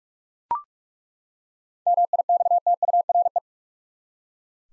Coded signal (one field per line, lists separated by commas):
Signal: Morse code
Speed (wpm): 47 wpm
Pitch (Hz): 700 Hz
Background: none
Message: MIXTURE